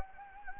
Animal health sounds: mosquito wingbeat signal from an infrared sensor; Anopheles gambiae

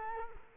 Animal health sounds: mosquito wingbeat signal from an infrared sensor; Culex quinquefasciatus

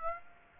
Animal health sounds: mosquito wingbeat signal from an infrared sensor; Aedes aegypti

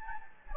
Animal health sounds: mosquito wingbeat signal from an infrared sensor; Anopheles gambiae

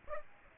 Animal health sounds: mosquito wingbeat signal from an infrared sensor; Aedes aegypti

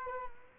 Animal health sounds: mosquito wingbeat signal from an infrared sensor; Culex quinquefasciatus

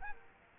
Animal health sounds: mosquito wingbeat signal from an infrared sensor; Culex quinquefasciatus

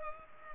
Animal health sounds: mosquito wingbeat signal from an infrared sensor; Culex pipiens

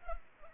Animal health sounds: mosquito wingbeat signal from an infrared sensor; Culex pipiens

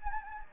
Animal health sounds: mosquito wingbeat signal from an infrared sensor; Anopheles gambiae

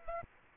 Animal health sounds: mosquito wingbeat signal from an infrared sensor; Aedes aegypti

